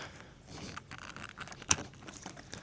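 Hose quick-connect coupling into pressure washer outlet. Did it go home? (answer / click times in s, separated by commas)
yes / 1.7 s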